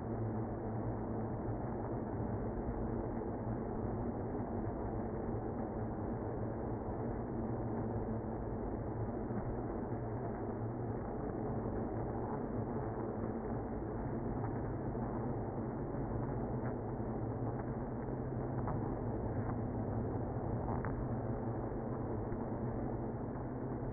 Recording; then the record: honeybee colony, microphone inside the hive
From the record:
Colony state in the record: queenless (queen removed); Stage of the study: after two queens were removed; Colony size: about 60,000 bees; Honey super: yes